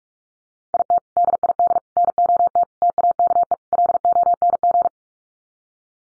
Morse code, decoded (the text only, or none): IT DID NOT TAKE LONG